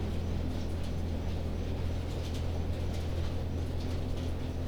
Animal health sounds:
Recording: poultry house recording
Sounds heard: no chicken sound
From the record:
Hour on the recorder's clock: 1

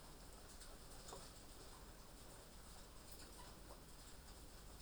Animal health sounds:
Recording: poultry house recording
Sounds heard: sick chickens (respiratory disease)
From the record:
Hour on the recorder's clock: 2

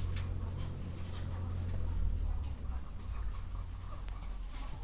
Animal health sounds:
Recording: poultry house recording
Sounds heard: sick chickens (respiratory disease)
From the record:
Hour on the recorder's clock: 9

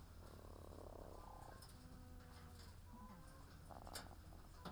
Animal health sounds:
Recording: poultry house recording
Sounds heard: sick chickens (respiratory disease)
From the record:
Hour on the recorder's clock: 15

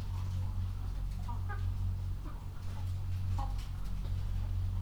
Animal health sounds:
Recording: poultry house recording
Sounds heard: healthy chickens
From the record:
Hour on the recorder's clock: 22

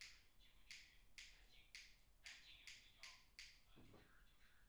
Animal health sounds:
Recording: poultry house recording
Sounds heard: no chicken sound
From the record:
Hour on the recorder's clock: 10

